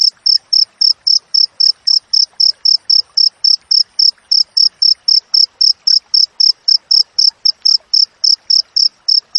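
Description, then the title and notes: High, ringing cricket chirps in a tight, regular rhythm of nearly four a second, with faint scattered noise underneath. Wild cricket chirping with close, tight spacing between chirps, used as training audio for songbirds and for repelling rats. "Masteran Jangkrik Alam Jernih, Jeda Rapat Cocok Untuk Masteran Burung Dan Mengusir Tikus. suara jangkrik"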